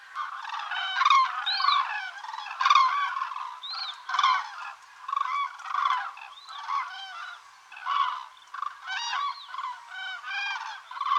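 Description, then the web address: Common cranes in a noisy chorus, loud rolling trumpet calls overlapping continuously with some higher rising notes, swelling and fading every second or two. "tydzien eko MEDIA zuraw"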